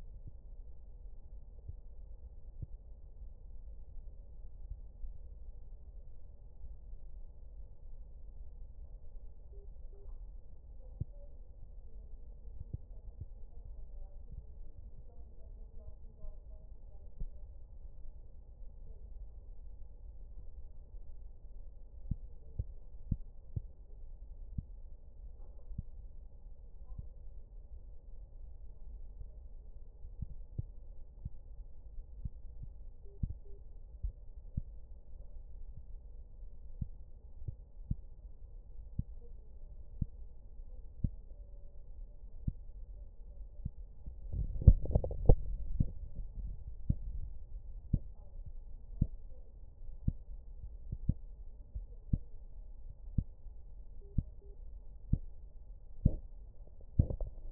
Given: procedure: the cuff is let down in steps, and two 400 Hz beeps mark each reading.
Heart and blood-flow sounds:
Korotkoff sounds by stethoscope; brachial artery, at the lower edge of an arm cuff
9.53-10.05 s: 140 mmHg
33.05-33.58 s: 130 mmHg
54.02-54.54 s: 120 mmHg
From the record:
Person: healthy adult, 24 to 32 years, lying on the back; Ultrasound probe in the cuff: middle

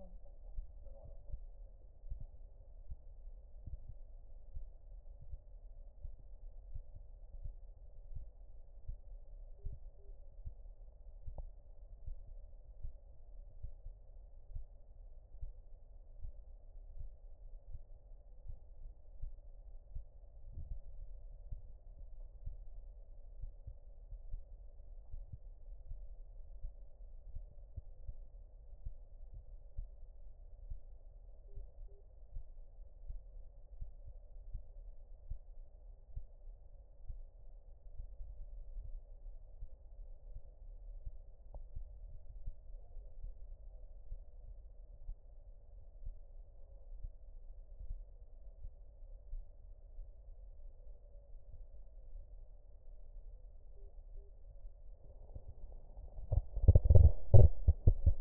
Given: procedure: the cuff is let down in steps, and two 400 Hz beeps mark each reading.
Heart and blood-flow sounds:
Korotkoff sounds by stethoscope; brachial artery, at the lower edge of an arm cuff
9.59-10.11 s: 100 mmHg
31.48-32.01 s: 90 mmHg
53.77-54.29 s: 80 mmHg
From the record:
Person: healthy adult, 24 to 32 years, lying on the back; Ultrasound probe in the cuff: middle

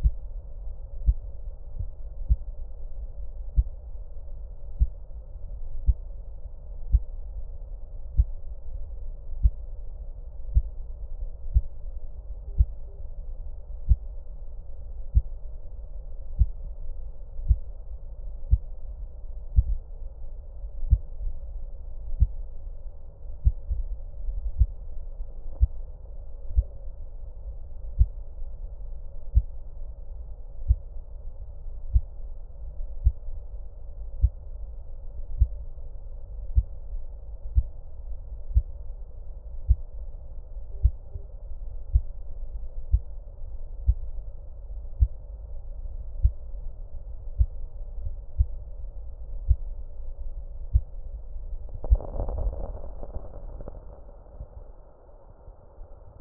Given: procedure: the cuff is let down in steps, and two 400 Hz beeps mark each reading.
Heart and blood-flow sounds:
Korotkoff sounds by stethoscope; brachial artery, at the lower edge of an arm cuff
12.47-13.00 s: 105 mmHg
40.72-41.24 s: 95 mmHg
From the record:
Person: healthy adult, 24 to 32 years, lying on the back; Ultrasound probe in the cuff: middle

